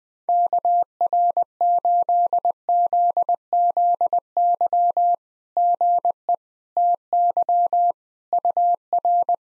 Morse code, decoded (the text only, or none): KR8ZZY GE TY UR